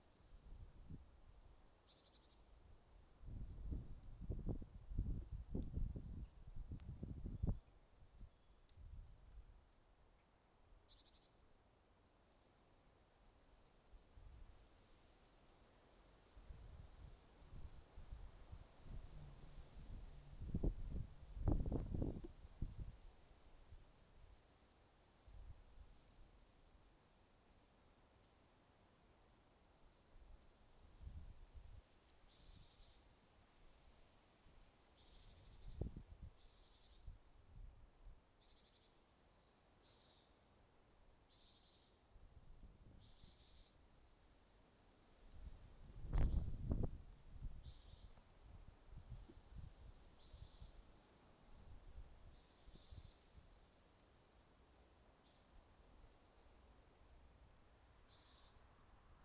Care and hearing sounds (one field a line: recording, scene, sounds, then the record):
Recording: everyday scene through a hearing-aid microphone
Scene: wind on the microphone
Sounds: wind, traffic, birds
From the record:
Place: suburban garden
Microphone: in the ear canal, right